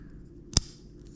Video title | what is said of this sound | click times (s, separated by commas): Dead key fob? Can't get into your car?, DO THIS!!!! (Detailed FIX) | it'll snap into place just like that | 0.6 s